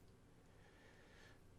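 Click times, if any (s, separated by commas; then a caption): none. An oddly shaped, non-round coil or deck part for a TFv8 vape tank, which only fits one way, is handled and lined up before being fitted into the tank. Only a steady, breathy low rumble is heard, with no sharp sounds. Nothing has snapped or seated into place yet.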